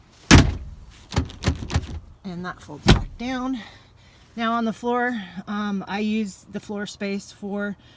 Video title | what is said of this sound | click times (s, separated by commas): Mail Jeep | Anyway, so that is the rear, and that just folds back up and locks into place, | 0.3 s